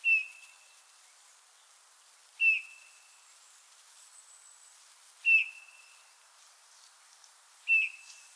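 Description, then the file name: Eurasian bullfinch repeating a gentle piped whistle four times at intervals of two to three seconds, each note short and clear with a faint trailing tail. "Pyrrhula pyrrhula"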